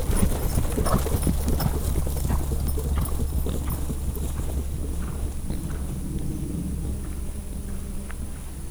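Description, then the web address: Horse hoofbeats, rapid uneven clopping throughout over a low rumble and steady hiss. Farmyard; an ambling team of horses (poroszkáló csapat). "allathangok parasztudvar lo poroszkalocsapat"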